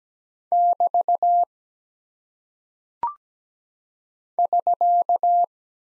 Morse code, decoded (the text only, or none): <BT> <SK>